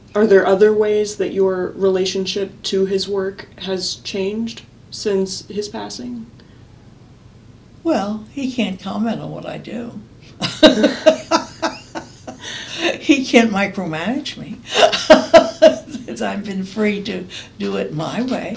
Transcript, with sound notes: Are there other ways your relationship to his work has changed since his passing?
Well, he can’t comment on what I do. [laughs] He can’t micromanage me. I’ve been freed to do it my way.